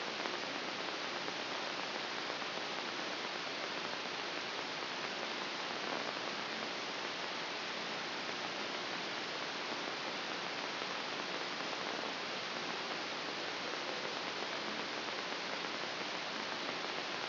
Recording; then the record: brain microelectrode recording played as sound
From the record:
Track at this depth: outside the subthalamic nucleus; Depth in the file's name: 1.039 mm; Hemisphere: left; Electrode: 3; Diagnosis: Parkinson's disease